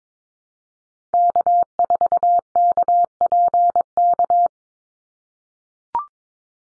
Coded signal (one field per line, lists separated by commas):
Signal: Morse code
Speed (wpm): 22 wpm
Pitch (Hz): 700 Hz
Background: none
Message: K4KPK